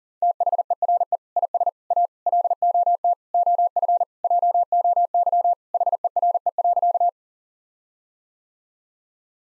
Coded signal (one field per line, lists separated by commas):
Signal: Morse code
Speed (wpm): 40 wpm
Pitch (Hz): 700 Hz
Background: none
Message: THERE IS A LOT OF JOY HERE.